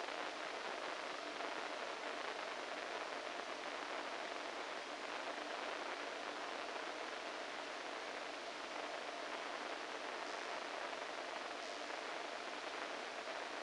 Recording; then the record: brain microelectrode recording played as sound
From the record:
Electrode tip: inside the subthalamic nucleus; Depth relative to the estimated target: -4 mm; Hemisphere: right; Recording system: NeuroSet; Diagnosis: Parkinson's disease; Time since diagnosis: 14 years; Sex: male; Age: 51 years